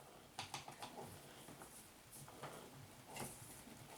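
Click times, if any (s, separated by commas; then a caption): none. A lid is handled onto a glass canning jar of fish whose rubber seal was softened in boiling water, with a quick run of short knocks and taps around 0.4, 0.5, 0.7 and 0.8 seconds, then quieter rustling. The lid has not clicked or locked home yet by the end of the clip.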